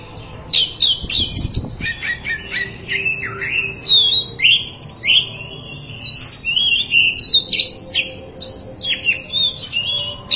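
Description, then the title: Oriental magpie-robin singing a varied string of sharp, high whistled notes and short slurs in quick bursts, with faint low noise beneath. "Kacer"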